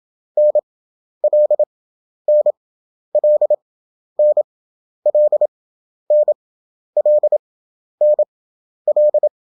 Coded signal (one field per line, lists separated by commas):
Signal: Morse code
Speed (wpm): 27 wpm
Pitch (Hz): 600 Hz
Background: none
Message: NL NL NL NL NL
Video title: European Country abbreviation 27wpm/ 11 Effective (Morse Code) CW Practice.